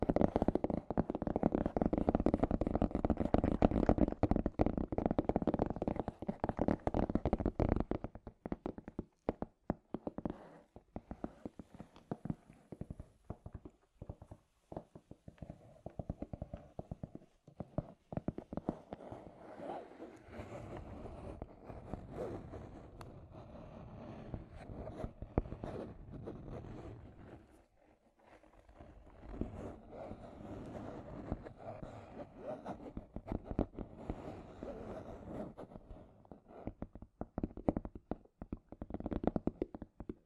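Scratchy tapping fills the recording, densest and loudest in the first eight seconds as a rough, continuous scraping. After that it breaks into irregular taps and scratches with short gaps, including a near-silent pause around 27 seconds, then picks up again more sparsely toward the end.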